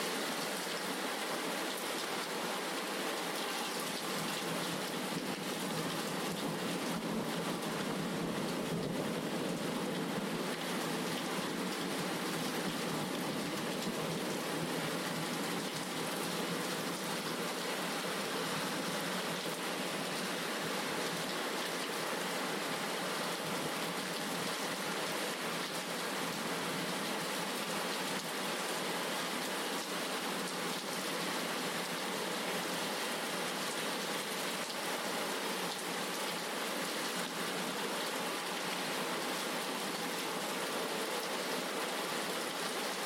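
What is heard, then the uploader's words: A storm's rain pours down in a dense, unbroken wash of hiss and patter, steady throughout. The sound sits in the middle and upper range with almost no deep rumble underneath, and its level barely shifts from start to finish. All of season two was recorded near its rocky shores. Lake Superior.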